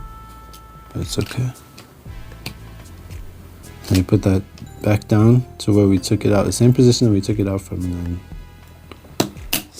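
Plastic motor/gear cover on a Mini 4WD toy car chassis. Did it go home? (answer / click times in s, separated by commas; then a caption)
yes / 9.5 s. After a motor swap, a plastic motor/gear cover is set back down in its original position on a Mini 4WD toy car chassis while someone talks over background music. The cover is slid back, and sharp clicks near the end include a snap at 9.5 s as it seats into place.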